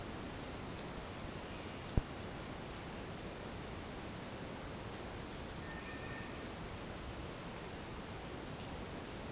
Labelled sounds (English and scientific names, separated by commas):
none